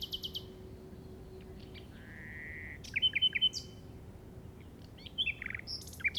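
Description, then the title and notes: Common nightingale song: a short trill, a drawn-out soft whistle, then bursts of loud sharp chirps with pauses between them. Recorded in the Llobregat Delta at 06:00 on 8 May 2015 with a Zoom recorder. "Grabación de ruiseñor común (Luscinia megarhynchos) en el Delta del Llobregat a las 06:00 del 08/05/2015."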